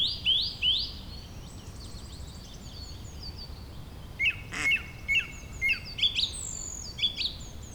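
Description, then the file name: Bird song: a few quick rising whistled notes, then a sharp click and a series of bright chirps, with higher twittering behind. "beautiful Birdsong"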